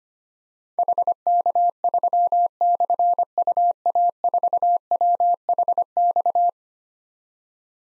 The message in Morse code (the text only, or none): HK3/UA4WHX